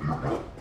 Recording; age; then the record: pig call; growing-finishing pig (85 days or more)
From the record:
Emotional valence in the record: positive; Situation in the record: run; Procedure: transit